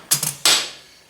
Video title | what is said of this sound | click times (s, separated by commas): 1974 Polaris Custom ll track repair | There you can hear it snap, | 0.1 s, 0.5 s